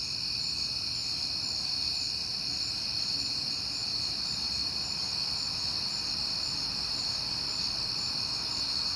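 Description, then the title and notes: Crickets sing a dense, even high chorus from start to finish, over soft low-frequency noise. Crickets heard often in September; recorded at night on a peaceful night. "Night Time: Crickets and Passing Cars. It is September and I have been hearing the crickets a lot, but finally had a peaceful night to make the recording"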